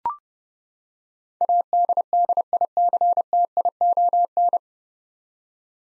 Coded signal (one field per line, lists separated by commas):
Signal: Morse code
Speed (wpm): 30 wpm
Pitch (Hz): 700 Hz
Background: none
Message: ADDICTION